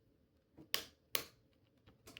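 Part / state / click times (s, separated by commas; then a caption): blank disc onto printer disc tray hub / seated / 0.7 s, 1.2 s. A blank plastic DVD-R is pressed down onto the locating hub of a printer's plastic CD/DVD print tray. Two sharp clicks sound at 0.7 s and 1.2 s, with faint handling noise around them. The disc is seated and secured on the tray.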